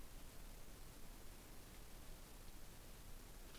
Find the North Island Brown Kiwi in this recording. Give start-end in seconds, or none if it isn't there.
none